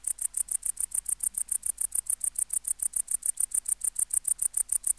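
Tettigonia hispanica bush-cricket: steady series of sharp, very high ticking pulses, several per second, uninterrupted.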